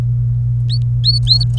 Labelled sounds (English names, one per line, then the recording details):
Domestic Canary song
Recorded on 26 April 2018 at 15:16
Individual llb3